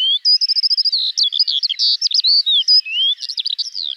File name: Alouette des champs